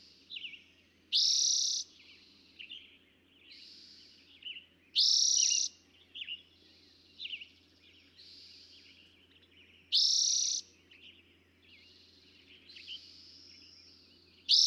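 Eastern towhee song, loud high buzzy trills repeated about every four to five seconds, with softer chirps and whistles between them.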